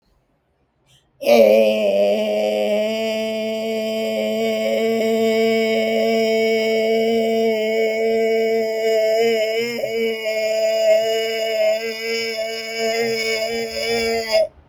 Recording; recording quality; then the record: sustained vowel as in made; excellent, no background noise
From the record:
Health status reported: respiratory illness, not identified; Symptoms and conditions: asthma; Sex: female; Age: 69 years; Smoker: not ticked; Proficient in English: yes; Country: India